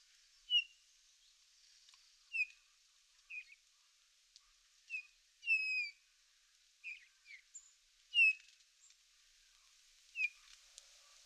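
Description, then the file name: Eurasian bullfinch giving several brief, soft piping notes, spaced irregularly. "Pyrrhula pyrrhula"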